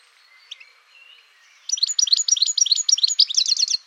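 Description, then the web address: Bird song: a few faint high notes, then a rapid run of bright, clipped high-pitched notes, ending in a denser trill. "Deverinetal. Bird Only"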